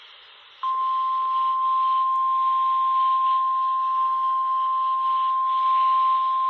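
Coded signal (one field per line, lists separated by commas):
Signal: Emergency Alert System (SAME) tones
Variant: 1050 Hz attention tone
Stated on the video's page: Required weekly tests from NOAA weather radio stations.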